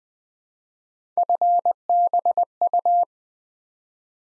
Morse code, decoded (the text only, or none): FBU